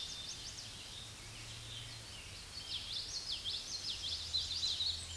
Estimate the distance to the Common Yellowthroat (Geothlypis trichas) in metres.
about 55 m